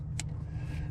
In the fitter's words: It's just a light audible click.